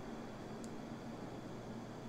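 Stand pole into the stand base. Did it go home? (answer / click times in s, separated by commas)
no / none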